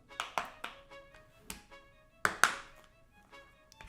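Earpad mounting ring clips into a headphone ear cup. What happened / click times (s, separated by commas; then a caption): The ring's plastic clips snapped into the cup one after another / 0.2 s, 0.4 s, 0.6 s, 1.5 s, 2.2 s, 2.4 s. Cooling gel earpads on a Sennheiser Momentum 4 headphone are pressed in around the earpad ring so every plastic clip snaps into the ear cup. Sharp, fast-decaying clicks are heard at 0.2, 0.4, 0.6, 1.5, 2.2 and 2.4 seconds, the last two the loudest. The ring clips are confirmed seated in the cup.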